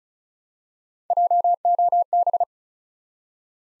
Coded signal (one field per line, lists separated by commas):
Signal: Morse code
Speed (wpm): 33 wpm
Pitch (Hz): 700 Hz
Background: none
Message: JOB